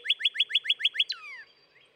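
Northern cardinal song: seven quick, loud whistled downslurred notes in a rapid run, ending with a longer descending slurred whistle.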